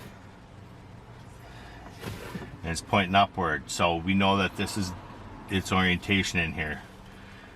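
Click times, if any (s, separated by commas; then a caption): none. A cabin air filter for a Subaru (Crosstrek, Forester, Impreza, WRX STi) is held and lined up with its arrow pointing upward before being pushed into the HVAC housing. There is a steady low hum, a brief rustle near 2.1 s, and someone talks from about 2.7 to 6.6 s. Nothing has seated or clicked yet.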